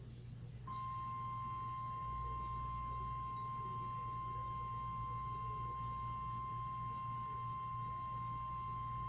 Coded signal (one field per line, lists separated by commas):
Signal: Emergency Alert System (SAME) tones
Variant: 1050 Hz attention tone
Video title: REQUIRED WEEKLY TEST - EAS #5 WXJ23 Beaufort